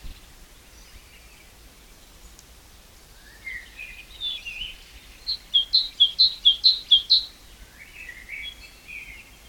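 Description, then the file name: Great tit bursts into a run of sharp, evenly spaced two-note phrases after quiet warbling, with light background hiss throughout. "Parus major"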